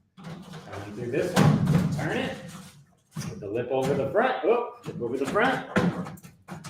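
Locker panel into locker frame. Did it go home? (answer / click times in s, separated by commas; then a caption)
no / none. A metal panel for a FedMax locker is handled and positioned with its lip over the front edge of the locker frame while someone talks. Only speech and handling noise are heard, with no sharp impacts. Nothing has seated or clicked yet.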